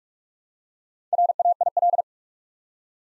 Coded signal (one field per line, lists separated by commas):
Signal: Morse code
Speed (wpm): 46 wpm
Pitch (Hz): 700 Hz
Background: none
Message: RAIL